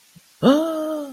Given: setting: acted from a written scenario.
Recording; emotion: vocal sound without words; awe